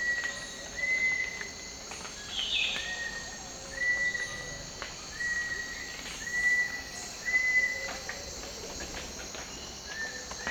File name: Cinnamon attila